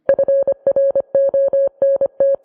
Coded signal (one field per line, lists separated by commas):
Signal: Morse code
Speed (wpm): 25 wpm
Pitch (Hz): 550 Hz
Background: none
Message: FRONT